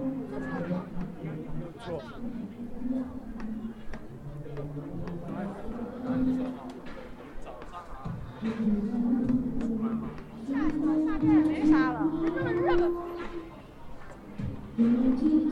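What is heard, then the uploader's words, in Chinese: At Hongyadong in Chongqing, steady crowd chatter and overlapping voices fill the scene, with a low hum underneath and louder voices near the end. 重庆洪崖洞。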